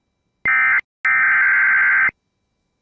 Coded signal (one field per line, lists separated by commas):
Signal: Emergency Alert System (SAME) tones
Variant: header bursts